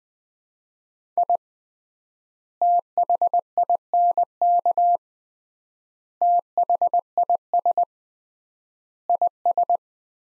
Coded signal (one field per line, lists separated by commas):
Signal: Morse code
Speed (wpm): 21 wpm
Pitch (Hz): 700 Hz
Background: none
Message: I THINK THIS IS